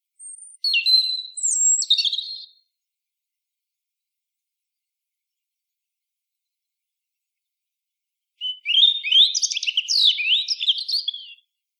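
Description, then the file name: European robin song: two high, thin warbling phrases of sliding whistles and trills, separated by about six seconds of silence; no other sounds. "Erithacus rubecula"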